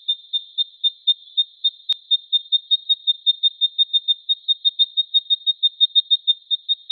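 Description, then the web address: Eastern spinebill giving a long, rapid series of thin, high piping notes, all at one pitch and evenly repeated, with one sharp click partway through. Garden bird in Canberra. "canberra-garden-birds honeyeaters eastern-spinebill"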